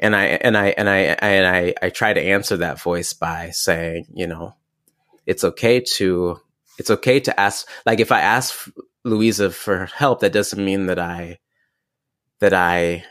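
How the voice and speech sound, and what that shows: An adult man with low-pitched speech talks in halting bursts. He repeats the opening "and I" several times, restarts "it's okay to", and repeats "the right", with tense pauses between phrases. These repetitions and blocks are typical of stuttering, here an inherited genetic trait.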